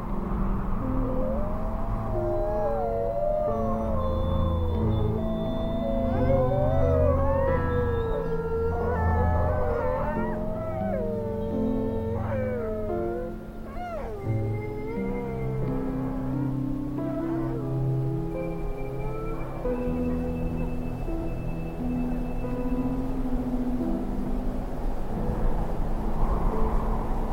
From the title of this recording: Sound Of The Wolves